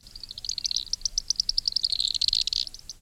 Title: Fork-tailed Flycatcher